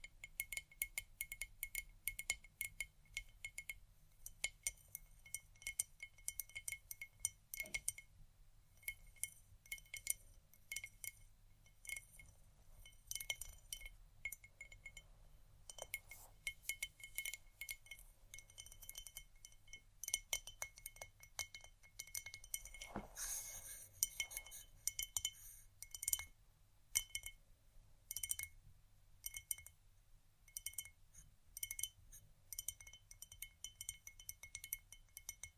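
Pencils, studs and ceramic pieces clink and tap in rapid bright clusters, with a busier, louder burst around twenty-three to twenty-eight seconds over a low steady hum.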